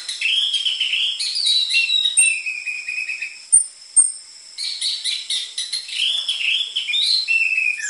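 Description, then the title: Orange-headed thrush in near-continuous song, rambling through whistled slurs and rapid chattering notes, with one brief pause midway and a steady high whine underneath. Lure recording for training caged orange-headed thrushes; prolific singing with dense fill material, suited as master song for the spotted Trotol form. "PANCINGAN Anis Merah Gacor Materi Isian Rapat Cocok Untuk MASTERAN Anis Merah TROTOL"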